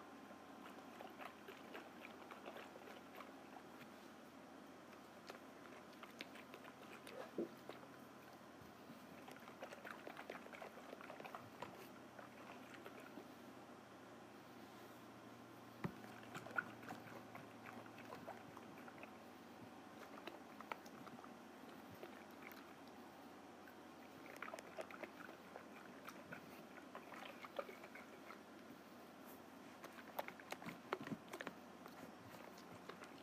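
A snow globe is shaken, making a continuous soft rattling and swishing with many tiny clicks and taps. Brief louder ticks stand out around 16 seconds and near 30 seconds, with busier bursts of shaking recurring every few seconds. A faint steady hum runs underneath.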